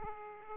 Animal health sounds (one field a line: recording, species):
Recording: mosquito wingbeat signal from an infrared sensor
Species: Aedes aegypti